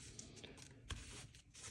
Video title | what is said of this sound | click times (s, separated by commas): Handmade mechanical keyboard assembly video - mini·mighty·kbd | Then here, we're going to slide over till it clicks in. | 0.9 s